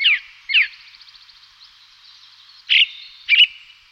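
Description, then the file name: Ring ouzel singing two clipped notes, a faint run of soft ticks, then two more loud harsh notes, all with lingering echoing tails. "ringdrossel vogelatlas 6"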